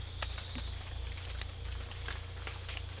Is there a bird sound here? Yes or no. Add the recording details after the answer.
no. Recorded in secondary vegetation near Puerto Asís, Putumayo, Colombia, on 18 December 2024 at 03:30. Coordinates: 0.488, -76.319. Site GP04